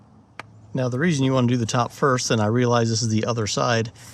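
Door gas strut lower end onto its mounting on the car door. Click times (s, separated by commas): 0.4 s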